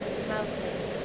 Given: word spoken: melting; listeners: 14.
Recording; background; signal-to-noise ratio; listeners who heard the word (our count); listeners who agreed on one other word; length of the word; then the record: one English word in noise, from a listening test; speech-shaped noise; -4.3 dB; 5 of 14; 6 of 14; 0.65 s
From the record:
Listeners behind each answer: 6, 5, 2, 1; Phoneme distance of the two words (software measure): 30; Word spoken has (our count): 2 syllables, 6 phonemes, stress on syllable 1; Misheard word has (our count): 2 syllables, 6 phonemes, stress on syllable 1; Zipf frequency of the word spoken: 3.78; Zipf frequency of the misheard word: 4.64